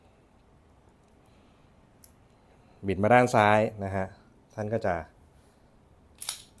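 A key is pushed deep into the built-in safety lock of a Taurus PT609 PRO 9 mm pistol (13+1 capacity) and turned to the left to unlock it before firing. A single sharp click is heard at 2.0 s, and the lock releases. Someone then talks, and brief small clicks follow near 6.2 s.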